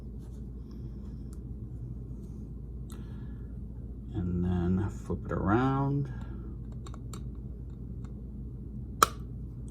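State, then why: Seated. A ProMold magnetic plastic one-touch holder closes over a trading card in a penny sleeve; someone talks briefly, then small faint ticks follow. At 9.0 s the magnets pull the lid onto its base with one sharp snap, and the holder is seated shut.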